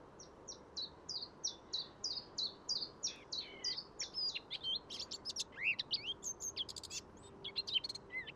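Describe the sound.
Eurasian blackcap song: a run of quick, evenly repeated high chattering notes that breaks into a loud, varied fluty warble with rising and falling whistles.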